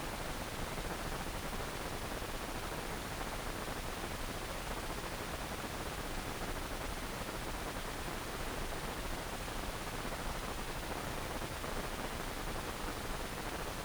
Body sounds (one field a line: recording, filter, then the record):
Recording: brain microelectrode recording played as sound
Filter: wide band, above 20 Hz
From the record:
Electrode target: subthalamic nucleus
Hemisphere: right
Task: reaching with the left hand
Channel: 1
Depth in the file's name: 1.506 mm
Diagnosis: Parkinson's disease